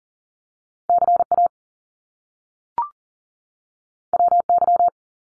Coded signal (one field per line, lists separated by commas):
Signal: Morse code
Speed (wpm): 40 wpm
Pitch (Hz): 700 Hz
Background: none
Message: CA WY